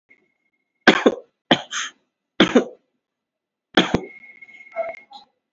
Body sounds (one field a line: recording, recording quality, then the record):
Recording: shallow voluntary cough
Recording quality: excellent, no background noise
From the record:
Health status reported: COVID-19 positive, mild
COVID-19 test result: positive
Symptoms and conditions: breathing difficulty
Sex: male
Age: 39 years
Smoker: not ticked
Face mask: not worn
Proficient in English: yes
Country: India